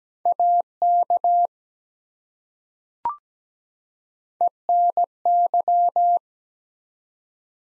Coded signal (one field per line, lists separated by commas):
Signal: Morse code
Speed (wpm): 17 wpm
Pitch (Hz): 700 Hz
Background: none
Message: AK ENY